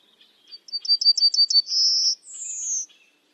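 Bird song: one full phrase of rapid high repeated notes leading into a buzzy trill, ending with a high, thin, falling whistle.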